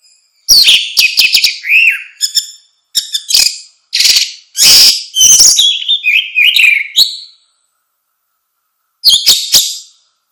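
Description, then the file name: Orange-headed thrush song: loud, varied phrases of sharp chips, slurred whistles and rich warbled notes in bursts, then a pause before a short final flourish. "suara kicau burung anis merah"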